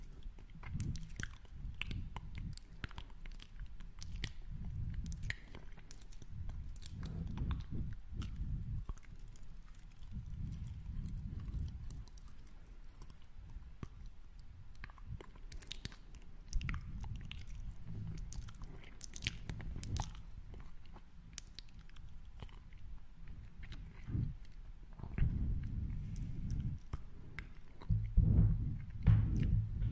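Mouth sounds of chewing and biting, low wet smacks with frequent sharp clicks and crunches, growing busier and louder near the end.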